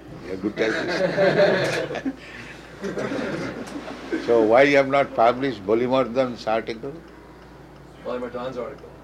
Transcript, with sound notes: You are good typist? [laughter] So why you have not published Bali-mardana's article?
Bali-mardana's article.